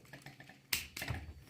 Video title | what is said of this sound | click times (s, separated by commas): Transformers Studio Series 34 DOTM Leader Class Megatron | and by that I mean you're gonna need to push until that clicks into place | 0.7 s